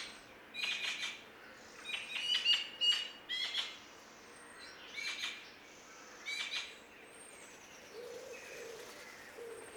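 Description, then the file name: Eurasian magpie calling with clusters of rasping, noisy notes in short irregular bursts, with thin high chirps of other birds and low soft notes near the end. "Pica pica"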